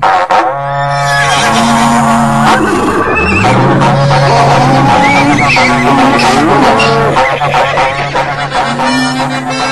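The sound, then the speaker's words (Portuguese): A troop of horses being rounded up neighs and whinnies in overlapping calls, some rising and falling in pitch, over a steady loud bustle of hooves and movement. “reúne a tropa aí, companheiros”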